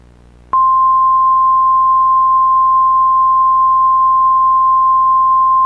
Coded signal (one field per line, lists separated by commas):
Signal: Emergency Alert System (SAME) tones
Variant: 1050 Hz attention tone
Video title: 1/20/2023 EAS Child Abduction Emergency (Amber Alert)All of Texas(EAS #5)